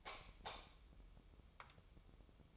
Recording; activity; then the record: daily activity, microphone in the room; light off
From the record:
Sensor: 1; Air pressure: 988.4 hPa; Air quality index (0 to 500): 199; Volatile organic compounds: 1000 ppm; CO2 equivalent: 5315 ppm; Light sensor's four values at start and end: 12/38/14/16 and 8/22/9/10